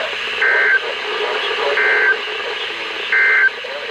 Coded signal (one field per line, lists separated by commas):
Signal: Emergency Alert System (SAME) tones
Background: speech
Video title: EAS #459-#485: No Rest! | KHB36, WXM42, WNG736, KEC83, & WXK97